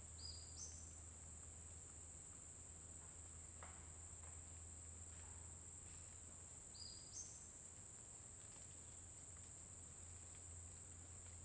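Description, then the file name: Cricket holding a constant high, thin trill throughout, while a bird gives two brief whistled phrases that step upward in pitch, one early and one late. Constant cricket sound in a forest during the day, with a bird singing at intervals. "Grilo constante na floresta dia passaro canta em intervalos"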